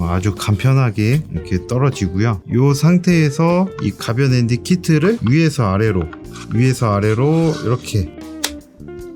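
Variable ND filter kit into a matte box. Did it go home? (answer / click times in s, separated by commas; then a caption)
yes / 8.4 s. A variable ND filter kit is slid from top to bottom into a SmallRig SR3645 matte box that has a built-in variable ND filter. Someone talks over background guitar music, and a sharp click at 8.4 s marks the kit seating in place.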